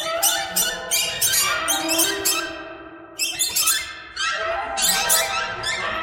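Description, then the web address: Birds calling: rough, buzzy squawks in quick series, with a short quieter gap midway before the harsh chorus resumes. "soundfactory birds"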